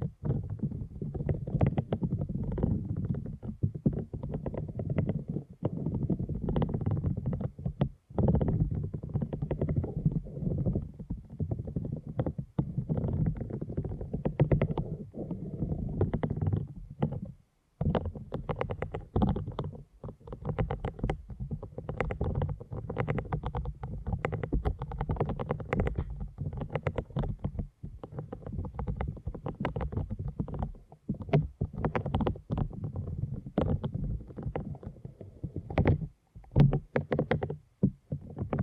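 Deep ear canal massage: a continuous muffled rubbing and squishing, heavy in the low end, with dense quick strokes that crackle up into brighter clicks. Brief dropouts to silence occur near 8, 17, 20, 31 and 37 seconds before the rubbing resumes.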